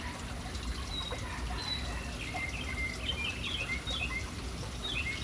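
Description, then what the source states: Birds chirping, scattered short whistled and slurred notes against a constant wash of splashing water. City birds hanging around an urban fountain, with the fountain's water audible.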